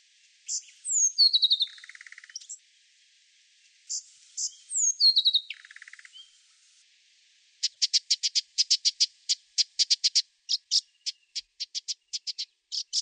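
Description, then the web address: Brown thornbill giving two high descending warbled phrases ending in a buzzy trill, followed by a long series of sharp, rapid repeated ticking notes. Recorded in a garden in Canberra, Australia. "brown Thornbill. canberra garden birds"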